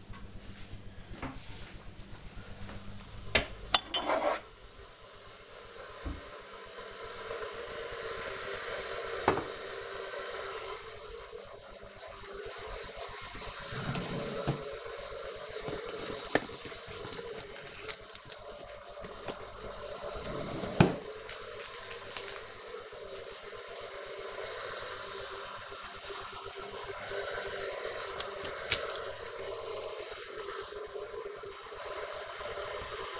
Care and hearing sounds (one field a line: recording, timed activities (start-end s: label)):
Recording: household activities, microphone on the right wrist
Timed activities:
0.00-33.20 s: making tea